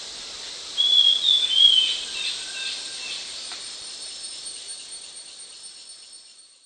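Grey-headed Babbler giving a quick burst of high, thin whistled notes, fading into a constant shrill insect drone.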